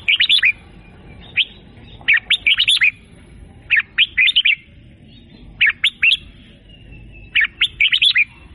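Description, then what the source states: Sooty-headed bulbul delivering repeated phrases of several quick, bubbly whistled notes, each phrase separated by a short pause of roughly a second. Local name kutilang; described as gacor.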